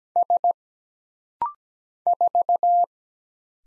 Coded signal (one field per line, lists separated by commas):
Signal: Morse code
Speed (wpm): 17 wpm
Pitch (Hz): 700 Hz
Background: none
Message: S 4